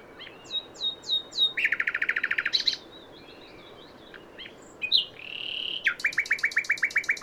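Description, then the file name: Common nightingale singing: a few descending whistles, a quick run of repeated chattering notes, a pause, then a long steady whistle leading into a rapid repeated-note trill. "Luscinia megarhynchos"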